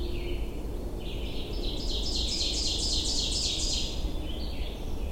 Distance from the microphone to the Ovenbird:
about 25 m